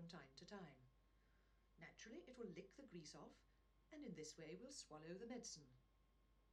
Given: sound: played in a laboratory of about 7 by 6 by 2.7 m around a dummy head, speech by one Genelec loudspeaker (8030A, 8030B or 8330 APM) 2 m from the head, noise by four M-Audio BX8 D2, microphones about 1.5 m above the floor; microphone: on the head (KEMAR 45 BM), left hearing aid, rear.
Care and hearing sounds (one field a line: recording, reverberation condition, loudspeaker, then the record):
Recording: female speech in English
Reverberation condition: low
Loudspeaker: 30 degrees to the left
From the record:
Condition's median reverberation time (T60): about 310 ms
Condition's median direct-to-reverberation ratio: about 3.5 dB